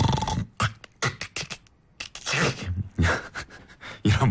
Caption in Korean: 좁아진 기도가 떨리면서 드르렁 콕콕 이러시는 분들 계시죠? 이런 소리가 반복적으로 나는 현상이 있습니다. 단순한 잠버릇으로 생각하기 쉽지만 심한 경우 수면 무호흡증과 연결되기도 한다고 합니다. 특히 음주나 피로, 비만 때문에 더 심해질 수 있는 이 수면 중 호흡 소리는. 3번 코골이.